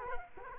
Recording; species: mosquito wingbeat signal from an infrared sensor; Culex quinquefasciatus